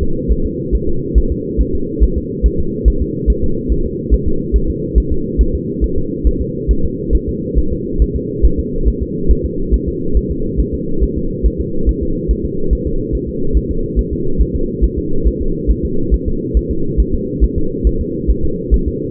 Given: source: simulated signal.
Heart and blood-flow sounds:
fetal heart sounds
0.03 s: S2
0.31 s: S1
0.46 s: S2
0.75 s: S1
0.89 s: S2
1.18 s: S1
1.32 s: S2
1.61 s: S1
1.75 s: S2
2.03 s: S1
2.17 s: S2
2.46 s: S1
2.60 s: S2
2.88 s: S1
3.02 s: S2
3.30 s: S1
3.44 s: S2
3.72 s: S1
3.86 s: S2
4.14 s: S1
4.28 s: S2
4.56 s: S1
4.70 s: S2
4.98 s: S1
5.12 s: S2
5.41 s: S1
5.55 s: S2
5.84 s: S1
5.98 s: S2
6.27 s: S1
6.41 s: S2
6.71 s: S1
6.85 s: S2
7.15 s: S1
7.29 s: S2
7.58 s: S1
7.73 s: S2
8.02 s: S1
8.16 s: S2
8.45 s: S1
8.59 s: S2
8.88 s: S1
9.02 s: S2
9.31 s: S1
9.45 s: S2
9.74 s: S1
9.88 s: S2
10.17 s: S1
10.31 s: S2
10.60 s: S1
10.74 s: S2
11.03 s: S1
11.18 s: S2
11.46 s: S1
11.60 s: S2
11.89 s: S1
12.03 s: S2
12.31 s: S1
12.45 s: S2
12.73 s: S1
12.87 s: S2
13.15 s: S1
13.29 s: S2
13.57 s: S1
13.71 s: S2
13.99 s: S1
14.13 s: S2
14.41 s: S1
14.56 s: S2
14.84 s: S1
14.98 s: S2
15.27 s: S1
15.41 s: S2
15.71 s: S1
15.85 s: S2
16.14 s: S1
16.28 s: S2
16.57 s: S1
16.71 s: S2
17.00 s: S1
17.14 s: S2
17.44 s: S1
17.58 s: S2
17.87 s: S1
18.01 s: S2
18.30 s: S1
18.45 s: S2
18.74 s: S1
18.88 s: S2
From the record:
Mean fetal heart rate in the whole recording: 140 bpm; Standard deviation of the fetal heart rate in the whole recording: 2 bpm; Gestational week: 34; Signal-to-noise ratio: -8.1 dB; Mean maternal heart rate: 72 bpm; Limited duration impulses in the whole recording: absent

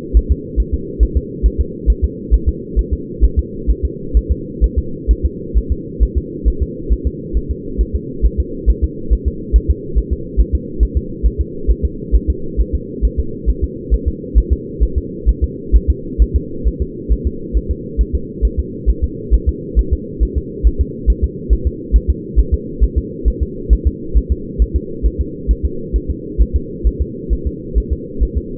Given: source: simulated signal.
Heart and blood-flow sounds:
fetal heart sounds
0.17 s: S1
0.31 s: S2
0.60 s: S1
0.74 s: S2
1.03 s: S1
1.17 s: S2
1.46 s: S1
1.60 s: S2
1.90 s: S1
2.04 s: S2
2.34 s: S1
2.49 s: S2
2.79 s: S1
2.93 s: S2
3.24 s: S1
3.39 s: S2
3.70 s: S1
3.85 s: S2
4.17 s: S1
4.31 s: S2
4.64 s: S1
4.78 s: S2
5.11 s: S1
5.25 s: S2
5.57 s: S1
5.72 s: S2
6.03 s: S1
6.17 s: S2
6.48 s: S1
6.62 s: S2
6.92 s: S1
7.07 s: S2
7.37 s: S1
7.51 s: S2
7.81 s: S1
7.95 s: S2
8.25 s: S1
8.40 s: S2
8.70 s: S1
8.84 s: S2
9.13 s: S1
9.28 s: S2
9.56 s: S1
9.70 s: S2
9.98 s: S1
10.13 s: S2
10.40 s: S1
10.55 s: S2
10.83 s: S1
10.97 s: S2
11.26 s: S1
11.41 s: S2
11.71 s: S1
11.85 s: S2
12.16 s: S1
12.30 s: S2
12.60 s: S1
12.75 s: S2
13.05 s: S1
13.19 s: S2
13.49 s: S1
13.64 s: S2
13.94 s: S1
14.08 s: S2
14.38 s: S1
14.53 s: S2
14.83 s: S1
14.98 s: S2
15.29 s: S1
15.44 s: S2
15.76 s: S1
15.90 s: S2
16.22 s: S1
16.36 s: S2
16.67 s: S1
16.82 s: S2
17.12 s: S1
17.27 s: S2
17.57 s: S1
17.71 s: S2
18.01 s: S1
18.15 s: S2
18.45 s: S1
18.59 s: S2
18.90 s: S1
19.04 s: S2
19.34 s: S1
19.49 s: S2
19.79 s: S1
19.93 s: S2
20.23 s: S1
20.38 s: S2
20.67 s: S1
20.81 s: S2
21.10 s: S1
21.24 s: S2
21.53 s: S1
21.67 s: S2
21.96 s: S1
22.10 s: S2
22.39 s: S1
22.54 s: S2
22.84 s: S1
22.98 s: S2
23.28 s: S1
23.42 s: S2
23.73 s: S1
23.87 s: S2
24.17 s: S1
24.32 s: S2
24.62 s: S1
24.76 s: S2
25.06 s: S1
25.21 s: S2
25.51 s: S1
25.65 s: S2
25.96 s: S1
26.10 s: S2
26.41 s: S1
26.56 s: S2
26.87 s: S1
27.01 s: S2
27.33 s: S1
27.47 s: S2
27.78 s: S1
27.92 s: S2
28.23 s: S1
28.38 s: S2
From the record:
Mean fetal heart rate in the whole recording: 135 bpm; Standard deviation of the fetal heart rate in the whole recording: 3 bpm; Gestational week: 34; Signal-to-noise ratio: -4.3 dB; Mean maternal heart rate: 72 bpm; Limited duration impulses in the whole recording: absent

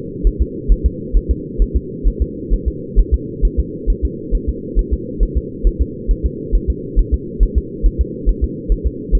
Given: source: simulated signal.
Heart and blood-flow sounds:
fetal heart sounds
0.27 s: S1
0.42 s: S2
0.72 s: S1
0.86 s: S2
1.17 s: S1
1.31 s: S2
1.62 s: S1
1.77 s: S2
2.08 s: S1
2.22 s: S2
2.53 s: S1
2.68 s: S2
2.99 s: S1
3.14 s: S2
3.45 s: S1
3.60 s: S2
3.90 s: S1
4.05 s: S2
4.35 s: S1
4.49 s: S2
4.79 s: S1
4.94 s: S2
5.23 s: S1
5.38 s: S2
5.67 s: S1
5.81 s: S2
6.11 s: S1
6.26 s: S2
6.55 s: S1
6.70 s: S2
6.99 s: S1
7.14 s: S2
7.43 s: S1
7.58 s: S2
7.86 s: S1
8.01 s: S2
8.29 s: S1
8.44 s: S2
8.72 s: S1
8.86 s: S2
9.15 s: S1
From the record:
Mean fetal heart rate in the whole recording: 135 bpm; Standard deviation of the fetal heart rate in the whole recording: 3 bpm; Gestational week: 36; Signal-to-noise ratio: -4.1 dB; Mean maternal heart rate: no maternal heart sound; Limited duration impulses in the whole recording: absent

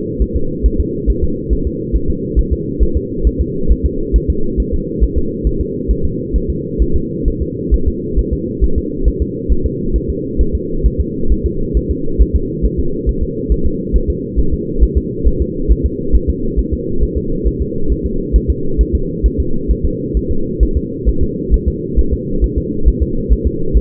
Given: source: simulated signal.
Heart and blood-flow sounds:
fetal heart sounds
0.22 s: S1
0.36 s: S2
0.66 s: S1
0.80 s: S2
1.10 s: S1
1.24 s: S2
1.53 s: S1
1.67 s: S2
1.96 s: S1
2.10 s: S2
2.39 s: S1
2.53 s: S2
2.83 s: S1
2.97 s: S2
3.27 s: S1
3.41 s: S2
3.71 s: S1
3.86 s: S2
4.16 s: S1
4.30 s: S2
4.60 s: S1
4.74 s: S2
5.04 s: S1
5.18 s: S2
5.47 s: S1
5.61 s: S2
5.91 s: S1
6.05 s: S2
6.36 s: S1
6.50 s: S2
6.82 s: S1
6.96 s: S2
7.28 s: S1
7.42 s: S2
7.74 s: S1
7.88 s: S2
8.19 s: S1
8.33 s: S2
8.64 s: S1
8.78 s: S2
9.08 s: S1
9.22 s: S2
9.52 s: S1
9.66 s: S2
9.96 s: S1
10.10 s: S2
10.41 s: S1
10.55 s: S2
10.86 s: S1
11.00 s: S2
11.32 s: S1
11.46 s: S2
11.77 s: S1
11.91 s: S2
12.21 s: S1
12.36 s: S2
12.65 s: S1
12.79 s: S2
13.09 s: S1
13.23 s: S2
13.52 s: S1
13.66 s: S2
13.96 s: S1
14.10 s: S2
14.39 s: S1
14.54 s: S2
14.83 s: S1
14.97 s: S2
15.27 s: S1
15.41 s: S2
15.71 s: S1
15.86 s: S2
16.15 s: S1
16.29 s: S2
16.59 s: S1
16.73 s: S2
17.03 s: S1
17.17 s: S2
17.47 s: S1
17.61 s: S2
17.92 s: S1
18.06 s: S2
18.36 s: S1
18.50 s: S2
18.81 s: S1
18.95 s: S2
19.26 s: S1
19.40 s: S2
19.71 s: S1
19.85 s: S2
20.17 s: S1
20.31 s: S2
20.63 s: S1
20.77 s: S2
21.09 s: S1
21.23 s: S2
21.54 s: S1
21.68 s: S2
21.99 s: S1
22.13 s: S2
22.44 s: S1
22.58 s: S2
22.88 s: S1
23.02 s: S2
23.33 s: S1
23.47 s: S2
23.77 s: S1
From the record:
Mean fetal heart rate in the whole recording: 135 bpm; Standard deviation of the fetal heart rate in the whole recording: 3 bpm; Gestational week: 34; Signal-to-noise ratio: -8.1 dB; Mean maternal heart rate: 72 bpm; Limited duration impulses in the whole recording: absent

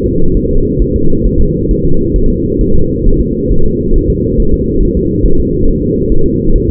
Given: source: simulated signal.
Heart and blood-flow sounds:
fetal heart sounds
0.06 s: S2
0.37 s: S1
0.51 s: S2
0.82 s: S1
0.96 s: S2
1.26 s: S1
1.41 s: S2
1.71 s: S1
1.85 s: S2
2.16 s: S1
2.30 s: S2
2.61 s: S1
2.75 s: S2
3.06 s: S1
3.20 s: S2
3.51 s: S1
3.66 s: S2
3.96 s: S1
4.10 s: S2
4.40 s: S1
4.54 s: S2
4.83 s: S1
4.97 s: S2
5.25 s: S1
5.40 s: S2
5.68 s: S1
5.82 s: S2
6.12 s: S1
6.26 s: S2
6.56 s: S1
6.70 s: S2
From the record:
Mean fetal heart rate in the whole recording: 135 bpm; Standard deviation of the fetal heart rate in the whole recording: 3 bpm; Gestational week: 36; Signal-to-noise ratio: -19.1 dB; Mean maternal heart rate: 72 bpm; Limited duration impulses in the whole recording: present

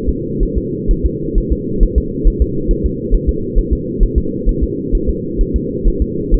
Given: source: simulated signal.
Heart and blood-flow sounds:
fetal heart sounds
0.09 s: S2
0.43 s: S1
0.58 s: S2
0.91 s: S1
1.06 s: S2
1.38 s: S1
1.52 s: S2
1.83 s: S1
1.98 s: S2
2.28 s: S1
2.42 s: S2
2.71 s: S1
2.86 s: S2
3.15 s: S1
3.29 s: S2
3.59 s: S1
3.73 s: S2
4.03 s: S1
4.18 s: S2
4.49 s: S1
4.64 s: S2
4.95 s: S1
5.09 s: S2
5.41 s: S1
5.56 s: S2
5.88 s: S1
6.02 s: S2
6.34 s: S1
From the record:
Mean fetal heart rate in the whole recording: 130 bpm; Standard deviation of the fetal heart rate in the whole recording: 4 bpm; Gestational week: 38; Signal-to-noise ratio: -6.6 dB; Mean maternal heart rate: 72 bpm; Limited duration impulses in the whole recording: present

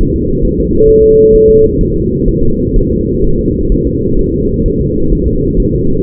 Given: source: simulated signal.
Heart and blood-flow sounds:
fetal heart sounds
0.01 s: S1
0.16 s: S2
0.45 s: S1
0.60 s: S2
0.89 s: S1
1.04 s: S2
1.35 s: S1
1.50 s: S2
1.81 s: S1
1.96 s: S2
2.28 s: S1
2.43 s: S2
2.76 s: S1
2.91 s: S2
3.24 s: S1
3.39 s: S2
3.72 s: S1
3.87 s: S2
4.19 s: S1
4.34 s: S2
4.66 s: S1
4.81 s: S2
5.13 s: S1
5.27 s: S2
5.60 s: S1
5.74 s: S2
From the record:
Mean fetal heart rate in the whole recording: 130 bpm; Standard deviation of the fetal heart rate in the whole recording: 4 bpm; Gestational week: 38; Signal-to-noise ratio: -16.4 dB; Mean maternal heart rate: 72 bpm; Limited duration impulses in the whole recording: present

